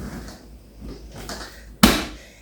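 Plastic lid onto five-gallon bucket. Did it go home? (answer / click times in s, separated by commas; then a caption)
yes / 1.8 s. A plastic lid is worked down around the rim of a five-gallon food-grade bucket, with quiet pressing and creaking sounds and a smaller snap at about 1.3 seconds. A sharp, loud snap at 1.8 seconds marks the lid seating fully onto the bucket.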